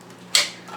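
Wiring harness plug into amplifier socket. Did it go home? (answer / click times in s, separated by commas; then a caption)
yes / 0.4 s. A wiring harness connector for a Scuderia Audio 360/430 Super HiFi Adapter is hooked into the booster (amplifier) socket and swiveled until it seats, giving a single sharp click at 0.4 s. A softer rustle follows around 0.7 s over a faint low hum, and the plug is clicked fully home.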